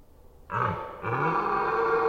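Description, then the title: Red deer stag bellowing: a short grunt followed by a loud, sustained, rough roar. Red deer during the rut, Forêt d'Orléans, France. "hifi soundscape lama. Red Deer Rut - Forêt d'Orleans, France"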